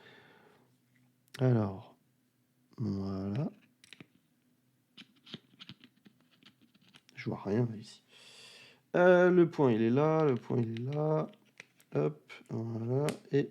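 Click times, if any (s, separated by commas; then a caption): none. An add-on telephoto lens is handled and lined up on its mount on a Vivo X300 Pro phone case while someone searches for the alignment dot and talks throughout. Light scratching and small taps are heard, mostly between 3.8 and 7.0 seconds. Nothing has seated or clicked yet; the quarter-turn to the click comes afterwards.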